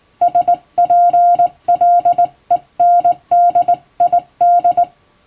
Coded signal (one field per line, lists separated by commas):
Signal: Morse code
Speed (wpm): 20 wpm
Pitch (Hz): 700 Hz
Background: music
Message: SPLENDID